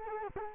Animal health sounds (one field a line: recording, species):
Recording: mosquito wingbeat signal from an infrared sensor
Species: Culex quinquefasciatus